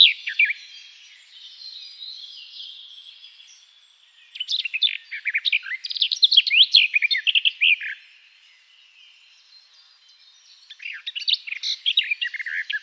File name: Garden Warbler